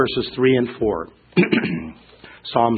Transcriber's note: clearing throat